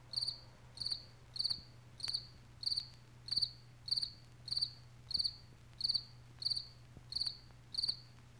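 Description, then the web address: Cricket call: regular, high-pitched, pulsed chirps throughout, with a low steady hum in the background. "animals cricket"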